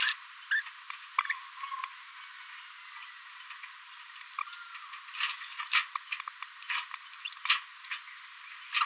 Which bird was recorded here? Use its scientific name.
Forpus passerinus